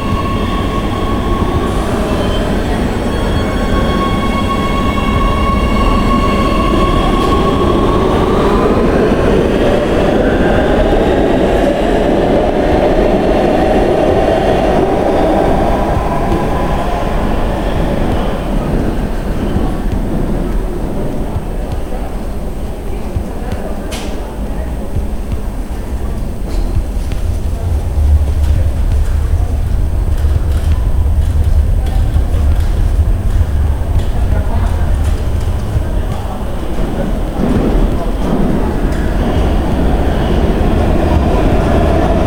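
Rushing machinery and a subway-like rumble fill the first fifteen seconds, with a high whine that falls and fades out. After that a dense, steady hiss like wind and rain takes over, crackling throughout, under a deep bass drone that swells around 28 and 37 seconds.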